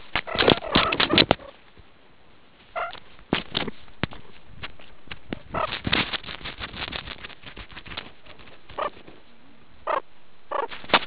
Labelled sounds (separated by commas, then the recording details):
meerkat close call, meerkat social call
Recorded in the Kuruman River Reserve, South Africa
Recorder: an audio tag on a meerkat's collar